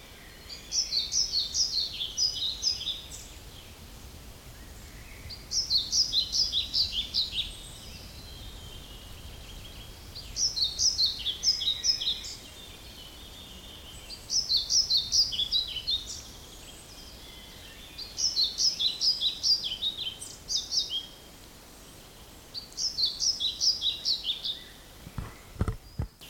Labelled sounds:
European Pied Flycatcher (Ficedula hypoleuca)
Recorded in the wild
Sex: male
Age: adult
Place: Mühlenbeck, Brandenburg, DE
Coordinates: 52.625, 13.404
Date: 1992-05-23 10:44
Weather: sonnig, 20-24°C, böiger Ost-Wind
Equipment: Nagra SN, Mikrofon AKG CK 8, Kopie Tesla B 116
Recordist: Tembrock, Günter

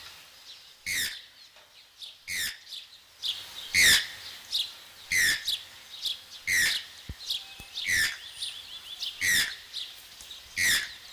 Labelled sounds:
Channel-billed Toucan (Ramphastos vitellinus) call
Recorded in captivity
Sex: pair
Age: adult
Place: Zoo Halle, Sachsen-Anhalt, DE
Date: 1999-03-30 12:18
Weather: heiter, ca. 15°C
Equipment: Sony MD-WM MZ-R3, Sennheiser MKH 416 T, Kopie Uher 4000 Report Monitor
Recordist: Tembrock, Günter

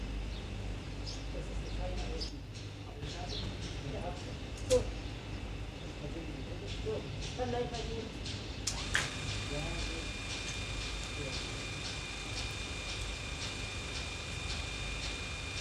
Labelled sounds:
Red Fox (Vulpes vulpes)
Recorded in captivity
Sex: diverse
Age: diverse
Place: Zoologisches Institut der HUB, Berlin, DE
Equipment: Elmetra
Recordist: Tembrock, Günter

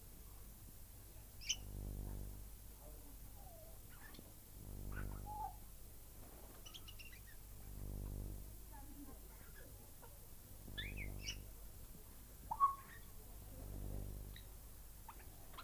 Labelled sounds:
Grey Parrot (Psittacus erithacus) call
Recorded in captivity
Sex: group
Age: adult
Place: Tierpark Berlin, Berlin, DE
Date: 1998-03-28 11:05
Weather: bedeckt, ca. 10°C
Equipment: Nagra SN, Kopie Uher 4000 Report Monitor
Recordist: Tembrock, Günter
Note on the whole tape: Gruppe: drei Tiere, diverse Laute

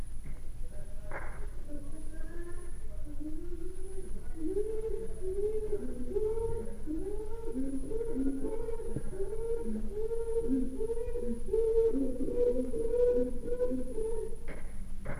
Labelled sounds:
Chimpanzee (Pan troglodytes)
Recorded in captivity
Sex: female
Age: adult
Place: Tierpark Berlin, Berlin, DE
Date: 1961-01-11
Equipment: Smaragd
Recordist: Korde and Stein
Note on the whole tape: S 579 b): Susi: Heulen, Klatschen und Gitterrütteln (Berufspraktikum-Protokoll)

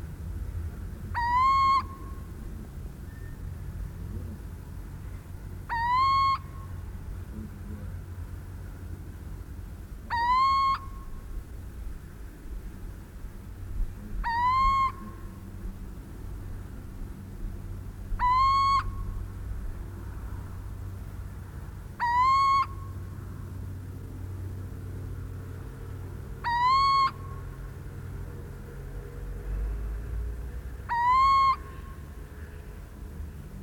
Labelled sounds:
Little Owl (Athene noctua) call
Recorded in the wild
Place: Presenske, Insel Rügen, Mecklenburg-Vorpommern, DE
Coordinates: 54.638, 13.359
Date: 1974-04-24
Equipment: Nagra III BH, Sennheiser MD 21, parabola
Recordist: Schubert, Michael

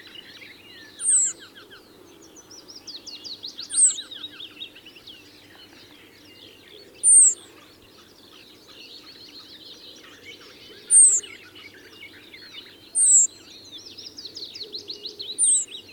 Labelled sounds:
Eurasian Penduline Tit (Remiz pendulinus) call
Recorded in the wild
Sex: male
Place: Lewitzrand, Insel Rügen, Mecklenburg-Vorpommern, DE
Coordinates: 53.456, 11.699
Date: 1977-05-22
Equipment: Nagra III BH, Sennheiser MD 21, parabola
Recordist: Schubert, Michael

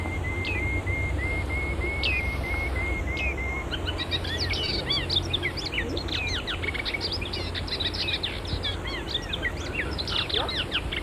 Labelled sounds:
Moustached Warbler (Acrocephalus melanopogon) song
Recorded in the wild
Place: Camargue, FR
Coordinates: 43.5239, 4.64528
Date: 1965-04-20
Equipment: Uher Report 4000, AKG D190
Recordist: Krey, Winfried

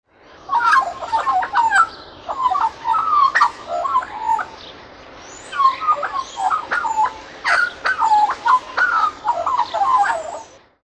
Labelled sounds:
Australian Magpie (Gymnorhina tibicen)
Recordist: Tembrock, Günter
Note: Gesang

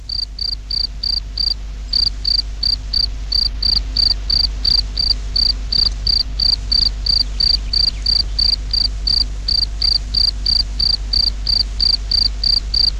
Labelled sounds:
Field Cricket (Gryllus campestris)
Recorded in the wild
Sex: male
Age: imago
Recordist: Meyer, Hugo

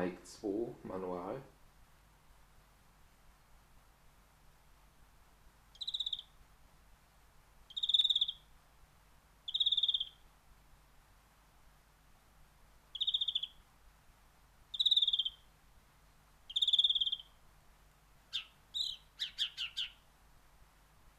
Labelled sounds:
White-rumped Shama (Copsychus malabaricus) song
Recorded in captivity
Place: Kaiserslautern, Rheinland-Pfalz, DE
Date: 1982-04-02
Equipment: Nagra IV
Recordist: Tretzel, Erwin
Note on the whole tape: Schamadrossel "Poldi", Garten, Kaiserslautern: Gesang

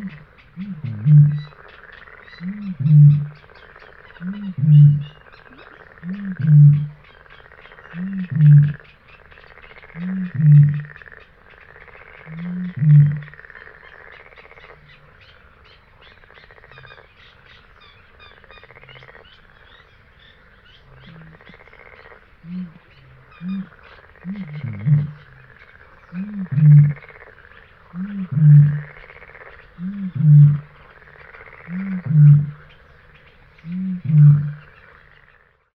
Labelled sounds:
Great Bittern (Botaurus stellaris)
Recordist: Frommolt, Karl-Heinz
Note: Rufe Entfernung ca 40 m (Im Hintergrund ua Acrocephalus scirpaceus, Rana esculenta)

